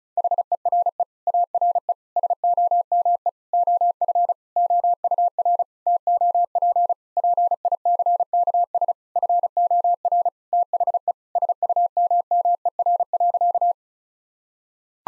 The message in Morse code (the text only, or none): HERE ARE SOME OF OUR TOP PICKS FOR THE SUMMER.